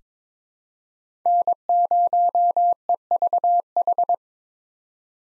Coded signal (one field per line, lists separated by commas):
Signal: Morse code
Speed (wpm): 22 wpm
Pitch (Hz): 700 Hz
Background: none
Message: N0EVH